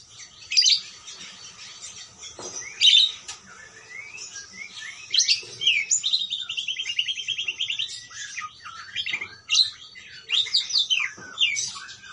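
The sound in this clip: Parakeet chatter: scattered bright chirps, then a fast rippling trill in the middle, followed by more varied twittering notes.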